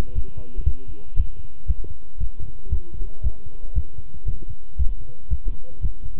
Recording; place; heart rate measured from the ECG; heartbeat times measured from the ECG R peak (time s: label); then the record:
heart sounds by stethoscope; between the tricuspid and mitral areas; 116 bpm
0.15 s: heartbeat
0.65 s: heartbeat
1.17 s: heartbeat
1.68 s: heartbeat
2.20 s: heartbeat
2.71 s: heartbeat
3.23 s: heartbeat
3.75 s: heartbeat
4.27 s: heartbeat
4.78 s: heartbeat
5.30 s: heartbeat
5.82 s: heartbeat
From the record:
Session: walking at 3.7 km/h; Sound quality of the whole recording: good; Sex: male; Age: 25 years